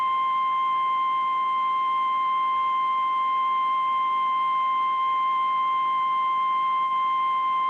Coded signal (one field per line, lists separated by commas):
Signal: Emergency Alert System (SAME) tones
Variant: 1050 Hz attention tone